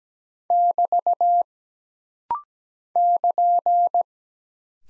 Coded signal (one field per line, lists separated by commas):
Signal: Morse code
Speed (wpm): 17 wpm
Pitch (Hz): 700 Hz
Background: none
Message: <BT> <KN>